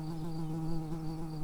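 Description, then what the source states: Early bumblebee buzzing: a steady, low droning hum with a rich harmonic tone, holding evenly throughout with slight wavering in loudness. Worker bees.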